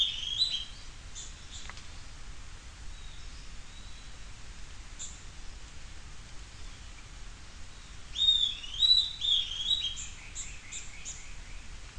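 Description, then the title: Bird song in two bursts of clear whistled and chirpy notes, one at the start and one near the end, separated by quiet background hiss. "LuckyPassaro Completos2Sama"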